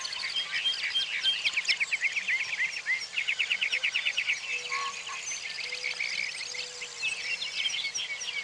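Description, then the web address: Bird chorus: many overlapping twitters and rapid trills over a steady background hiss. "Peterson North American Birds"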